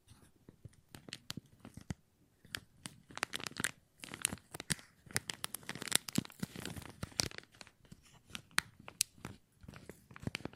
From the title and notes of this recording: ASMR Plastic Crinkle No Talking.